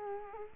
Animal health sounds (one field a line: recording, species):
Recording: mosquito wingbeat signal from an infrared sensor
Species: Culex quinquefasciatus